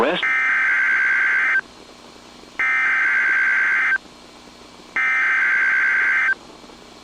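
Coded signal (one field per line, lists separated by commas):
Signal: Emergency Alert System (SAME) tones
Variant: header bursts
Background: speech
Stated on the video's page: Real tornado watch heard on NOAA Weather Radio alongside a WeatherSTAR 4000 display.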